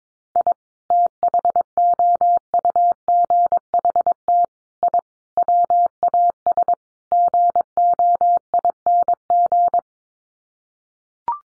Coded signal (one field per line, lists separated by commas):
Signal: Morse code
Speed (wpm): 22 wpm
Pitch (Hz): 700 Hz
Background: none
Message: I THOUGHT I WAS GOING